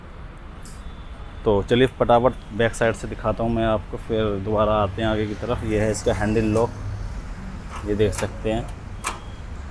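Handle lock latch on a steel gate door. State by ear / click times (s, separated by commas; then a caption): seated / 9.1 s. Someone talks while a steel gate door is closed, then its handle lock latches shut automatically with a single sharp click at 9.1 s, because the lock auto-locks as the door shuts.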